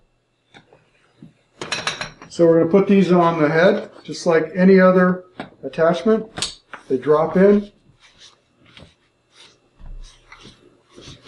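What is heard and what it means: A light modifier attachment, a body with a diffuser on the front, is handled and dropped onto a studio flash head while someone talks. Brief sharp handling taps are heard, a cluster around 1.6–2.2 s and softer ones near 8.8 and 10.3 s. Nothing has seated or clicked yet; the attachment is not locked in place by the end.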